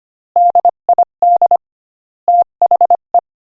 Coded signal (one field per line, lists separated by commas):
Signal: Morse code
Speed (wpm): 24 wpm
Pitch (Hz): 700 Hz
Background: none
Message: DID THE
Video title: Morse Code Practice: 25 wpm Joke #12